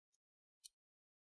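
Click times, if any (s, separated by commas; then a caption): 0.7 s. The plastic back case of a Moto G8 smartphone is pressed onto the phone frame, seated first on the audio jack and volume rocker side, then pinched together all around. A faint high tick comes at about 0.1 s, then a sharp, brighter snap at 0.7 s. The case clips have snapped shut and the back case is seated.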